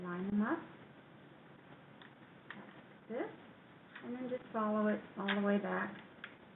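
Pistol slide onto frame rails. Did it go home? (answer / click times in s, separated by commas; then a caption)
no / none. A Glock 26 Gen 4 subcompact pistol slide is lined up and pushed back along the metal rails of its polymer frame during reassembly while someone talks. Faint sharp handling ticks are heard at about 2.0, 2.5 and 6.2 seconds. The slide has not clicked or locked onto the frame yet.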